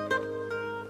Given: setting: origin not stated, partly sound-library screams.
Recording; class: one-second piece from a danger detection set; normal situation